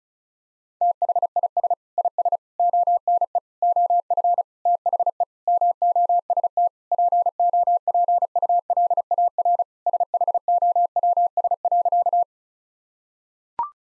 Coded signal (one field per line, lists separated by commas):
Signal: Morse code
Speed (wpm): 34 wpm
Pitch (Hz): 700 Hz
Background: none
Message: THIS IS ONE OF THE MOST POPULAR SHOWS.